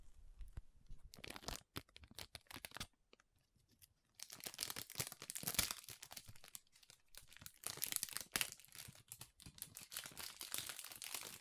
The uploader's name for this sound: Soft Squishy Sticky, Crinkle, Cutting Sounds